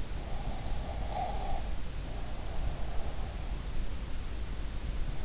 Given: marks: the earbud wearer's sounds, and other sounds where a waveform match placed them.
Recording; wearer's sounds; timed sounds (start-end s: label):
sounds in sleep by an in-ear microphone; breath
0.45-3.17 s: breath